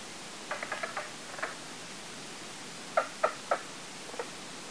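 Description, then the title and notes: Mink frog calls, rapid knocking clucks in short bursts, several quick notes then a pause and another louder series, over faint hiss. Three frogs calling at 2:09 AM on August 8, 2011, in light misty rain at South Branch Pond, Baxter State Park; northern-latitude species; recorded on iPhone built-in mic, gain added. "Mink Frog. at Lean-To #12 at South Branch Pond in Baxter State Park"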